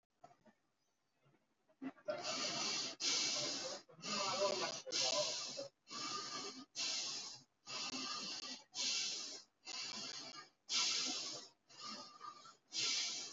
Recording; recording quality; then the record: shallow breathing; excellent, no background noise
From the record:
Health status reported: COVID-19 positive, mild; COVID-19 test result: positive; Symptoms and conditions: cough, cold, fever, fatigue, hypertension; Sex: male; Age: 60 years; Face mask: not worn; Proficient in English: yes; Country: India